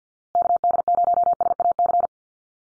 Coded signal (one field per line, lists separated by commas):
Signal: Morse code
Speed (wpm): 50 wpm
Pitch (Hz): 700 Hz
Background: none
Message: KD0SAC